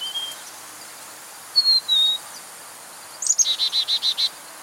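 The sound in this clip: Bird song: a few thin whistled notes, then a fast, evenly pulsed trill of several notes closing the phrase.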